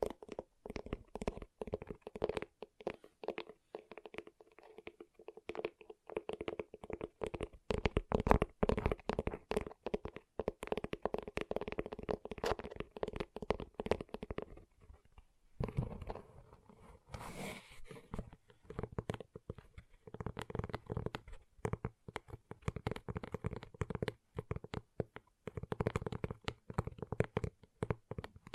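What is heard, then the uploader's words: Gentle tapping, a quick, steady patter of soft fingertip hits with a low, hollow body that repeats densely throughout. Around the fifteen-second mark the tapping thins out briefly, with a brighter scratchy touch near seventeen seconds, before the rhythm resumes. ASMR Gentle Tapping You Will Fall Asleep To (No Talking).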